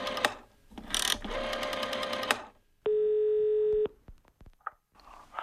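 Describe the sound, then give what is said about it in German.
Clattering handset noise gives way to a steady, buzzy telephone dial tone for about a second, then a quick series of sharp dialing clicks and a brief beep follow. “Darf ich mal Ihr Telefon benutzen?”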